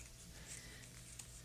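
A wave pump is fitted onto a magnetic mount bracket that hangs on the back of the aquarium tank glass, with the magnet sandwiched in between so the pump can snap in place. Over a low steady hum, a short sharp click at 1.2 s marks the pump snapping onto the magnetic mount, seated and connected.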